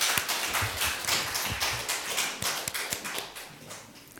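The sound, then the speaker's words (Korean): An audience at a worship service applauds as glory to God, many hands clapping together in a dense, steady patter of sharp claps that holds at an even level for several seconds, with no voices over it. “하나님께 영광의 박수 돌려드립니다.”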